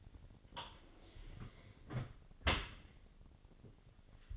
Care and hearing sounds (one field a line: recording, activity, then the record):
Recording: daily activity, microphone in the room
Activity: close dishwasher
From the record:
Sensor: 4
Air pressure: 1007.6 hPa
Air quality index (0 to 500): 201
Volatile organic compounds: 7 ppm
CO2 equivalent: 2005 ppm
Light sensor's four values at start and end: 22/70/27/26 and 23/71/27/26